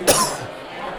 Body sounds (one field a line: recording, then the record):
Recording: coughing mixed with background sound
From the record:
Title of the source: Coughing 79